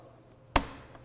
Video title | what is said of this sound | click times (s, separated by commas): KEB F5 Elevator Drive Training: Hardware & Drive Replacement (Part 6) | need to hear that click | 0.6 s